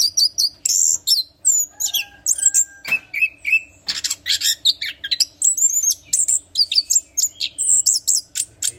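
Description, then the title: Orange-headed thrush singing energetically: dense tumbling phrases of sharp whistles, buzzy notes and chirps, packed tightly with hardly a pause, over a faint low hum. Song described as gacor ngeplong, meaning singing constantly and in full, loud voice. "Anis Kembang Gacor Ngeplong Istimewa Suara Burung"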